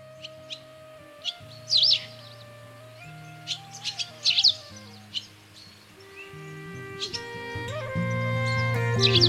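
Grey wagtail calls: sharp, high chirps given singly and in short bursts at irregular intervals, over a steady humming tonal background that shifts in pitch and grows louder near the end.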